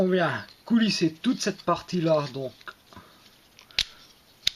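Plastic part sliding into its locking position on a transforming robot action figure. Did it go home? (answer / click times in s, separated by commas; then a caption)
yes / 3.8 s, 4.5 s. Someone talks while a plastic part on a transforming robot action figure is slid along during its transformation, then quiet handling follows. Two sharp, loud plastic clicks are heard at 3.8 s and 4.5 s as the part is pushed until it locks into place.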